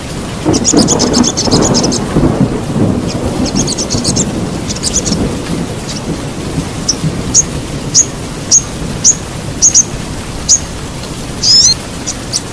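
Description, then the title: Little spiderhunter song: high thin chirps and trills, with short sharp notes repeating a little under a second apart near the end over constant background noise. Tutor recording for training songbirds. "Masteran Burung Sogok Ontong Labaik"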